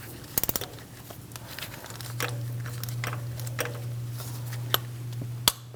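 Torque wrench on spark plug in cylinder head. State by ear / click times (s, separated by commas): torque reached / 5.5 s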